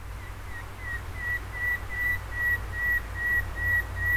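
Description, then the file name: Common nightingale song: a steady series of thin, pure whistled notes, slowly swelling in loudness over a low background rumble. "Luscinia megarhynchos"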